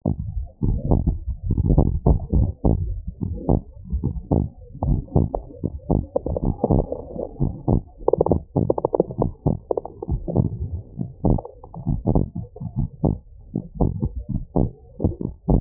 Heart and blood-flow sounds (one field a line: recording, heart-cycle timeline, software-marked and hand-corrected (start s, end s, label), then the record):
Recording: heart sounds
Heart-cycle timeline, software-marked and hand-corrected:
0.00	0.02	S2
0.02	0.64	diastole
0.64	0.78	S1
0.78	0.90	systole
0.90	1.02	S2
1.02	1.46	diastole
1.46	1.58	S1
1.58	1.70	systole
1.70	1.86	S2
1.86	2.34	diastole
2.34	2.50	S1
2.50	2.64	systole
2.64	2.78	S2
2.78	3.26	diastole
3.26	3.38	S1
3.38	3.50	systole
3.50	3.60	S2
3.60	4.04	diastole
4.04	4.14	S1
4.14	4.32	systole
4.32	4.44	S2
4.44	4.84	diastole
4.84	5.00	S1
5.00	5.16	systole
5.16	5.28	S2
5.28	5.72	diastole
5.72	5.80	S1
5.80	5.92	systole
5.92	6.02	S2
6.02	6.44	diastole
6.44	6.56	S1
6.56	6.72	systole
6.72	6.86	S2
6.86	7.42	diastole
7.42	7.54	S1
7.54	7.70	systole
7.70	7.82	S2
7.82	8.28	diastole
8.28	8.40	S1
8.40	8.56	systole
8.56	8.68	S2
8.68	9.20	diastole
9.20	9.32	S1
9.32	9.46	systole
9.46	9.56	S2
9.56	10.10	diastole
10.10	10.22	S1
10.22	10.36	systole
10.36	10.46	S2
10.46	11.00	diastole
11.00	11.10	S1
11.10	11.26	systole
11.26	11.40	S2
11.40	11.88	diastole
11.88	12.00	S1
12.00	12.14	systole
12.14	12.26	S2
12.26	12.78	diastole
12.78	12.88	S1
12.88	13.04	systole
13.04	13.18	S2
13.18	13.53	diastole
13.53	13.60	S1
13.60	13.79	systole
13.79	13.88	S2
13.88	14.30	diastole
14.30	14.41	S1
14.41	14.54	systole
14.54	14.67	S2
14.67	15.20	diastole
15.20	15.27	S1
15.27	15.49	systole
15.49	15.60	S2
15.60	15.61	diastole
From the record:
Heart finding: abnormal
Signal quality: good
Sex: male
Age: 81 years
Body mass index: 21.8